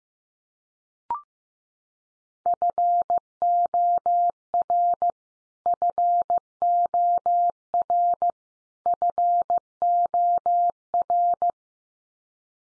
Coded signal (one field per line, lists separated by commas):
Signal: Morse code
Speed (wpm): 15 wpm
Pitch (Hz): 700 Hz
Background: none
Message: FOR FOR FOR